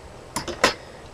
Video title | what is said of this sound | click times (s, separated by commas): Dresdon Acacin mk.4 gauntlet flame thrower (pt. 2)-technical expanation(CO2) | snaps in place with these tabs | 0.4 s, 0.6 s